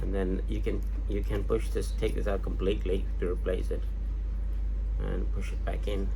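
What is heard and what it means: Someone talks while handling a replaceable knife blade that has been taken out of a small multitool, about to push it back into its metal slot. A steady low hum runs underneath, and no distinct clicks stand out. The blade has not seated or clicked into place yet when the clip ends.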